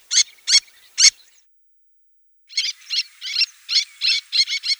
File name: Krachka malaja